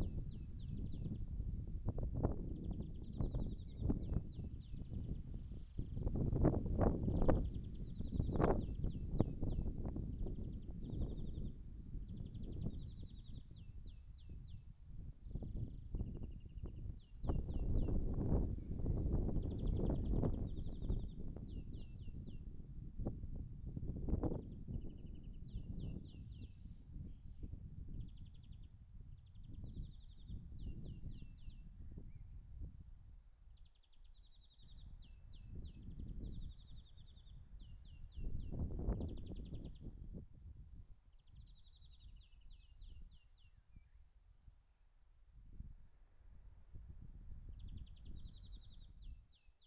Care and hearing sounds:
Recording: everyday scene through a hearing-aid microphone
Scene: wind on the microphone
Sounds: wind, birds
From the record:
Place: in front of a rural house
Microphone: behind the ear, left, rear

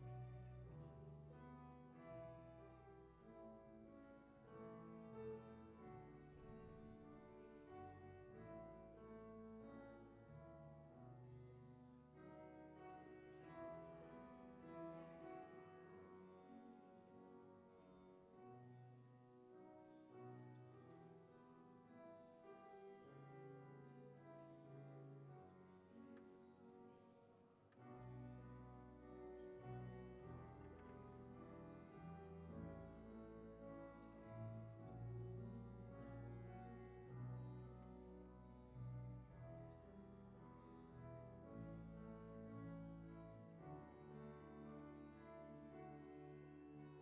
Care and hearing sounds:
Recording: everyday scene through a hearing-aid microphone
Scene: reverberant space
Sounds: music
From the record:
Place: church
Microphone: behind the ear, right, rear

